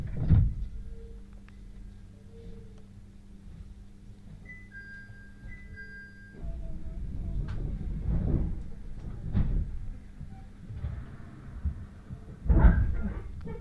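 A train ride on the Uetsu Main Line from Ugo-Honjo to Akita: a steady low rumble with heavy thumps near the start and around 8, 9.5 and 12.5 seconds. A thin high whine sounds at 4.5–6.5 seconds, then the rumble grows louder.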